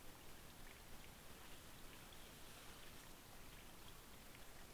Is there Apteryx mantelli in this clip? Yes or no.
no